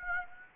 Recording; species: mosquito wingbeat signal from an infrared sensor; Aedes aegypti